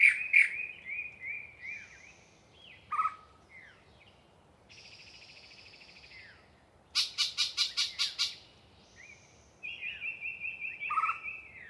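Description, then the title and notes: Yellow-breasted chat singing a jumbled medley of whistles, low clucks, a buzzy rattle and a rapid burst of sharp notes, with separate phrases set apart by short silences. Long pre-dawn soliloquy by one particularly chatty bird in deciduous cover near the microphones. "A Very Chatty Yellow-breasted Chat. A particularly chatty Yellow-breasted Chat provides us a long pre-Dawn soliloquy while hanging out in some deciduous coverage"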